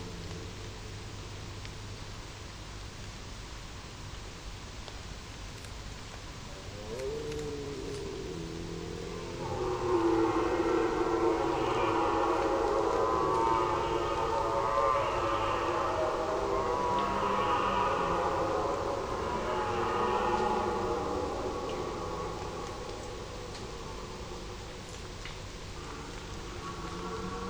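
A red deer stag roars, one long, drawn-out bellow that swells in around seven seconds, holds loud and rough with a wavering tone from about ten to twenty-one seconds, then fades away. A low steady rumble runs underneath throughout.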